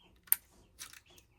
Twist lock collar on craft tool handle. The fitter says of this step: Now, it's locked.